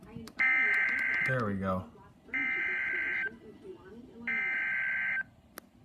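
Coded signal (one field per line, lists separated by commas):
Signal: Emergency Alert System (SAME) tones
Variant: header bursts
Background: speech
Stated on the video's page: Received from a NOAA Weather Radio transmitter, the recorder's home station.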